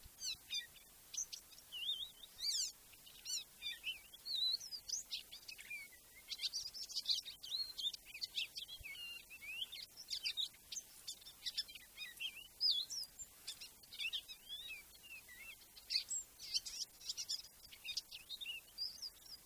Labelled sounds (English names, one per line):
Icterine Warbler song